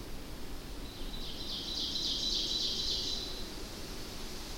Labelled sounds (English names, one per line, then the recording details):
Ovenbird song
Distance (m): 50 m
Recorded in boreal forest in Alberta, Canada, on 25 June 2016 at 07:55
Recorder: SongMeter 3, array SBT-6-76
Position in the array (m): 295 m, 84 m
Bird 1